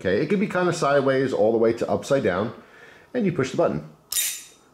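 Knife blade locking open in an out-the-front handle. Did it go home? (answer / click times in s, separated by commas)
yes / 4.1 s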